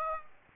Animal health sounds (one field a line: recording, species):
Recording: mosquito wingbeat signal from an infrared sensor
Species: Aedes aegypti